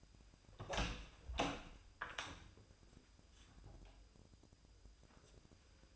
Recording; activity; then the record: daily activity, microphone in the room; open door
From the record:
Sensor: 2